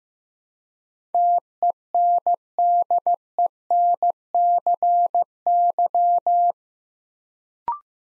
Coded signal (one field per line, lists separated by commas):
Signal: Morse code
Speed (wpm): 15 wpm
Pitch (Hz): 700 Hz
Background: none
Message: TENDENCY